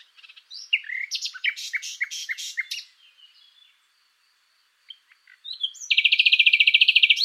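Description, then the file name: Common nightingale song: varied loud whistles and sharp chirps, a pause with faint notes, then a rapid, rattling trill of repeated high notes. "Luscinia megarhynchos"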